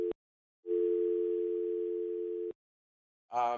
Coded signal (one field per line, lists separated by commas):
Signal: telephone call progress tone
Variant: North America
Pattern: dial tone